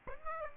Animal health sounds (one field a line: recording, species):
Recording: mosquito wingbeat signal from an infrared sensor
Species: Aedes aegypti